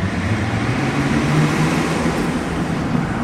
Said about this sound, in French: Ce jour-là, vers 13h15, à l'heure où les restaurants sont pleins, une voiture de couleur blanche remonte la rue pavée, puis prend à gauche rue des Rosiers.